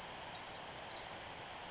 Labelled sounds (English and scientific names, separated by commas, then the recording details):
Pacific Wren (Troglodytes pacificus)
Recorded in Sonoma County, California